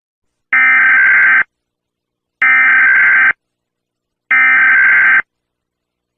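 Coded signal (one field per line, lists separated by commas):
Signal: Emergency Alert System (SAME) tones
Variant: header bursts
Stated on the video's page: Fictional EAS alert presented as archived footage of a fictional containment facility outbreak.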